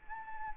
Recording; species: mosquito wingbeat signal from an infrared sensor; Anopheles arabiensis